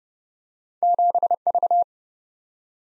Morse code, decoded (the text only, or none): 7V